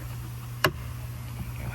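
On a 2024 Honda HR-V, the glove box is pushed back up into the dashboard after a cabin filter replacement until its plastic latch catches. A single sharp click comes at 0.7 s over a steady low hum. The latch is seated.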